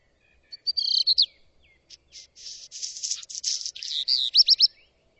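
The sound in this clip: Bird song, a high buzzy phrase followed by a long rasping burst and a closing series of quick sharp notes.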